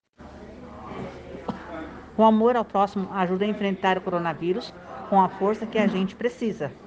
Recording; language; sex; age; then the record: spoken sentence; Brazilian Portuguese; female; 50 to 59 years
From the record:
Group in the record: respiratory insufficiency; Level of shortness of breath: 5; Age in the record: 52 years